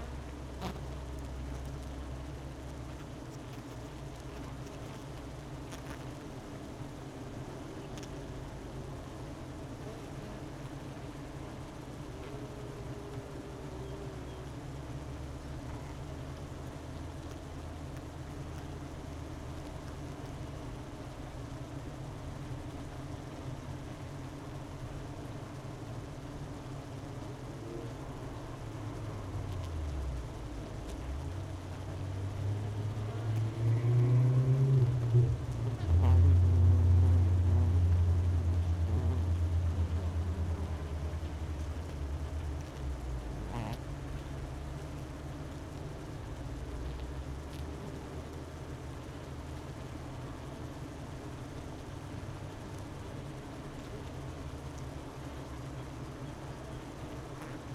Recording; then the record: honeybee colony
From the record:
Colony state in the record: missing queen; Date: 31 May 2018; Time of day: 12:25